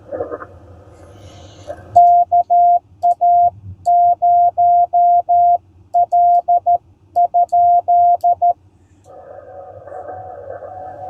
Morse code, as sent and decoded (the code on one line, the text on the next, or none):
-.- .- ----- .-.. ..--..
KA0L?